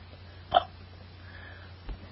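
An adult person hiccups: a short, sharp involuntary hiccup sound.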